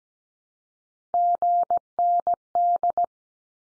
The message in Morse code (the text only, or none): GND